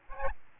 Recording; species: mosquito wingbeat signal from an infrared sensor; Aedes albopictus